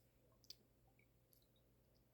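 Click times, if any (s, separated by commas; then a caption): none. A gold spray cap is pressed onto the neck of a perfume bottle, but it fails to fit. Only faint, small ticks are heard, and nothing has seated or clicked yet.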